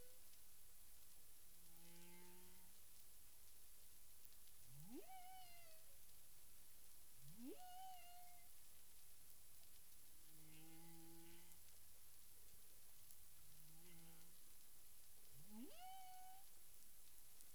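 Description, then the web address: Humpback whale calls: a sequence of tonal moans and sharp rising upsweeps with bright overtones, over a steady hiss of underwater noise. Recorded in the Caribbean on 9 April 2002 at 18:06 UTC. "CARIMAM. humpback whale"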